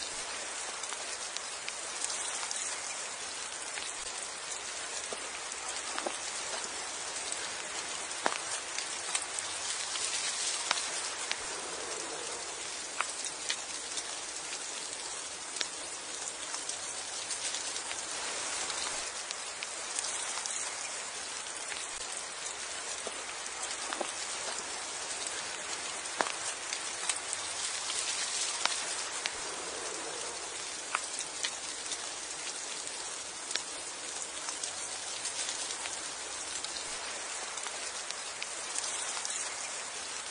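Snow falls on trees in a steady, dense patter that sounds much like light rain, a bright hiss of countless tiny ticks. Louder single drops or clumps tap every few seconds. There is almost no low rumble, and the texture stays even throughout.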